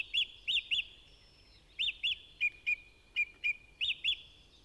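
Budgerigar chirps: about a dozen sharp, clipped notes given singly or in quick pairs, spread throughout with a longer gap after the first three.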